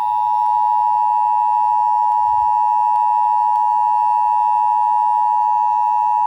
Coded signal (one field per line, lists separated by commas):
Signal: Emergency Alert System (SAME) tones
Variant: 853 and 960 Hz attention tone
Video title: EAS #269 Flash Flood Warning on WNG706 and WRDU